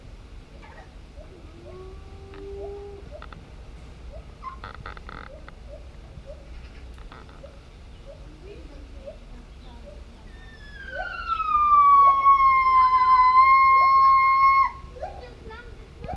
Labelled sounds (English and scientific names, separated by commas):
Lar Gibbon (Hylobates lar)